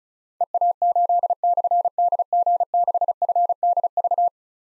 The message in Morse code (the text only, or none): EA8/DG6FDV